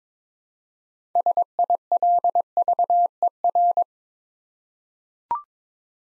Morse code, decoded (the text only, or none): SILVER